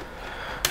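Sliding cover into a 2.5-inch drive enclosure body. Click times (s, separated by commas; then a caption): 0.7 s. The transparent plastic cover of a tool-less ORICO 2139U3 USB 3.0 enclosure for a 2.5-inch drive is slid along its rails, with a faint, steady low sliding noise. A sharp, short click at 0.6 s (0.65 s) shows the cover has locked shut and seated.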